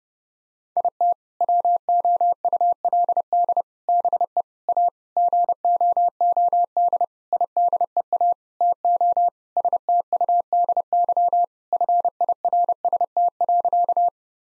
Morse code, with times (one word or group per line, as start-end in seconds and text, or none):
0.8-1.1 IT
1.4-3.6 WOULD
3.9-4.4 BE
4.7-4.9 A
5.2-7.0 GOOD
7.3-8.3 IDEA
8.6-9.3 TO
9.6-11.4 STUDY
11.7-14.1 FIRST.